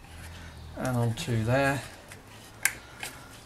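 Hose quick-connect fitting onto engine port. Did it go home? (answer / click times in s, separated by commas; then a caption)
yes / 2.6 s. Someone talks as the other end of a pipe's quick-connect hose fitting, part of an oil/air separator being fitted to a UK Ford Mustang GT, is pushed onto its engine port. A sharp click at 2.7 s confirms the fitting has seated.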